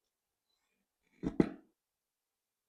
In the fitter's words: You should hear a pop or two and that means we're good to go.